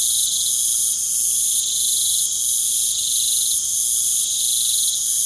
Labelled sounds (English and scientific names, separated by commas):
none